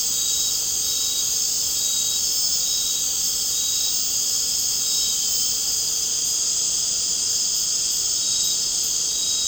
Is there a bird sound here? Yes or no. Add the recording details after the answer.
no. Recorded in dense forest near Puerto Asís, Putumayo, Colombia, on 12 March 2025 at 19:00. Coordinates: 0.467, -76.328. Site G041